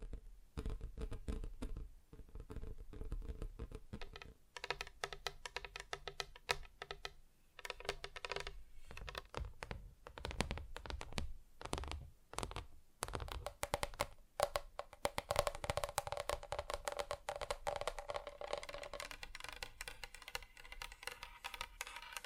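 Fingers tap on different surfaces in quick, uneven bursts of sharp clicks with short pauses between runs. The taps change tone partway through, turning brighter and denser after about thirteen seconds, with a soft scratchy rustle underneath. No voices.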